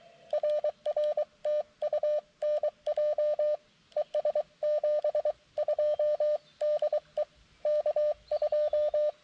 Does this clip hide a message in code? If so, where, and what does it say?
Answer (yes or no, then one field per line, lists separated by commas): yes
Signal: Morse code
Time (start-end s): 0.3-9.1 s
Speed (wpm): 23 wpm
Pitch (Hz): 600 Hz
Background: radio noise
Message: RR TU NJ ES 72 DE K2